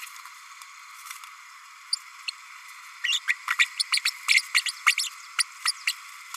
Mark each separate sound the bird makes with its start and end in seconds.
1.92-1.96, 3.04-3.19, 3.27-3.35, 3.58-3.66, 3.92-3.99, 4.05-4.10, 4.28-4.42, 4.54-4.61, 4.66-4.71, 4.86-4.95, 4.97-5.09, 5.38-5.43, 5.65-5.72, 5.87-5.93